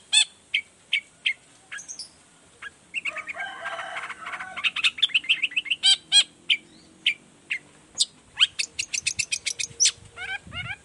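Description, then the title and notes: Long-tailed shrike song, spaced sharp notes followed by a scratchy burst, then a quickening series of high clipped chips. Active morning singing with varied toet-toet notes, used as a lure recording to prompt other shrikes of any kind to reply quickly and open their beaks. "Cendet Gacor Dor Di Kala Pagi Toet Toet Variasi Suara. Cendet Gacor Efektif Pancingan Buat Cendet Jenis Apapun Agar Cepat Nyaut Buka Paruh. Burung cendet"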